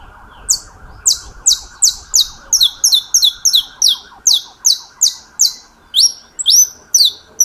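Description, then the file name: Saffron finch song: a rapid series of sharp, high, down-slurred chips, sometimes doubled, repeated about twice a second over a steady wavering tone in the background. "Canto-do-Canário-da-Terra"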